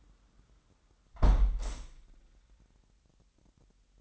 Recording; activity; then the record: daily activity, microphone in the room; close window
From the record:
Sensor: 3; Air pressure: 998.5 hPa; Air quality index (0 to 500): 147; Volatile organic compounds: 5 ppm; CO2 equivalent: 1766 ppm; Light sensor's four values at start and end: 11/25/11/11 and 10/25/10/11